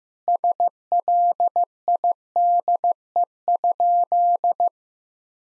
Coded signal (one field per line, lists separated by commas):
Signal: Morse code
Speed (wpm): 15 wpm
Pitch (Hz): 700 Hz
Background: none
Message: SLIDE?